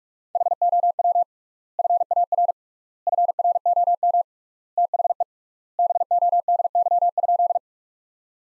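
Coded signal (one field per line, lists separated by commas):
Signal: Morse code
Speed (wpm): 41 wpm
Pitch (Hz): 700 Hz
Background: none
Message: HOW FAR FROM THE BODY?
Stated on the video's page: Practice sentences at 45 wpm with 3x standard word spacing, a word-based Farnsworth-like method.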